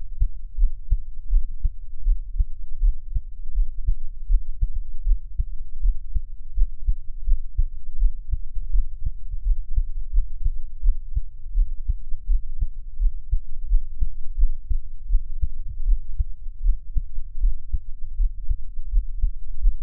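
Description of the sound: Steady, regular low thumps repeat throughout with a deep hum underneath and no speech. The rate is roughly 100 beats a minute. This is an adult's own heartbeat, heard up close for ASMR listening, with no talking.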